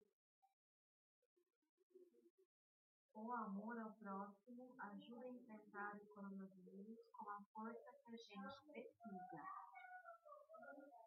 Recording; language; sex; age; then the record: spoken sentence; Brazilian Portuguese; female; 40 to 49 years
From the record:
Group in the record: control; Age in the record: 43 years